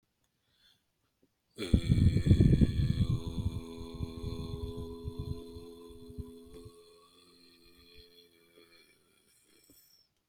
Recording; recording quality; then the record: sustained vowel as in boot; moderate, slight background noise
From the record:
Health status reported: healthy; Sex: male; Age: 47 years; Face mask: not worn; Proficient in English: yes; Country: India